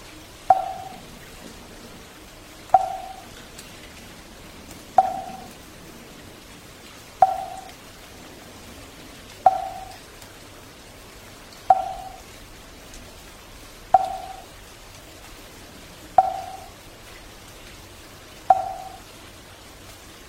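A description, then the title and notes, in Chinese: A wooden fish is struck at a slow, steady pace, about once every two seconds, each knock hollow and mid-pitched with a quick fade. Soft, even rain hisses underneath throughout, with an occasional faint drip. 木鱼伴随着雨。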